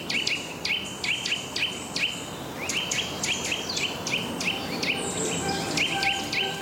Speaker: Vanaf landgoed Zegenrijp bij Sint-Michielsgestel roept de boomklever u toe.